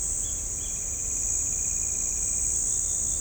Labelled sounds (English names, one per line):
Straight-billed Woodcreeper